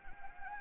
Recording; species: mosquito wingbeat signal from an infrared sensor; Anopheles gambiae